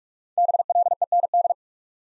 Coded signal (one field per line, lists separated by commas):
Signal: Morse code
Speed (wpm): 44 wpm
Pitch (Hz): 700 Hz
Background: none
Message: BLEND